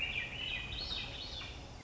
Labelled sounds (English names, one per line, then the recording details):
Swainson's Thrush
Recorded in Sonoma County, California